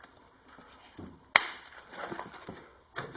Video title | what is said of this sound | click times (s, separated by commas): NFA Shop Vacuum repair Episode 17 | snaps into place | 1.4 s